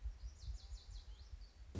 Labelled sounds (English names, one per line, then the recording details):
Lazuli Bunting
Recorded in Sonoma County, California